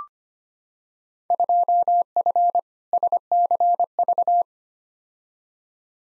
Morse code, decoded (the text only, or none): 2F SCV